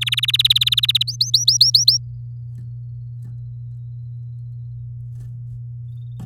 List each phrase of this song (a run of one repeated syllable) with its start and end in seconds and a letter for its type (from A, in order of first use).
0.01-1.03 A, 1.07-1.98 B